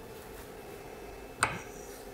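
During a rebuild of a D4EA diesel high-pressure fuel pump, a metal internal component is lowered into the pump body and pressed down until it seats. After a steady low background hiss, one sharp, brief click sounds at 1.4 s as the part snaps into place. The component is seated.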